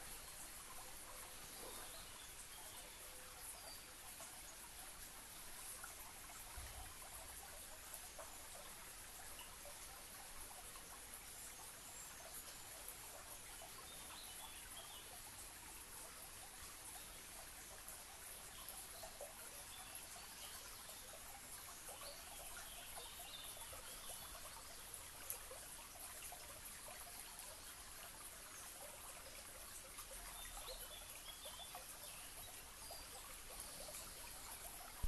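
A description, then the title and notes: A bubbling stream runs steadily throughout, a dense bright trickle, with faint bird calls scattered high above and brief low thumps. Mayfield - bubbling stream and country birds.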